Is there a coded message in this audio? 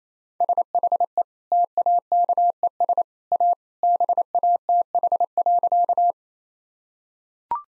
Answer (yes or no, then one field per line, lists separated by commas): yes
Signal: Morse code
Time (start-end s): 0.4-6.1 s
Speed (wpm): 28 wpm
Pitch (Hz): 700 Hz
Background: none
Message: SHE TAKES A BATH.